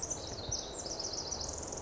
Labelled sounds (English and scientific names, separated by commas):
Pacific Wren (Troglodytes pacificus)